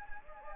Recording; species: mosquito wingbeat signal from an infrared sensor; Anopheles gambiae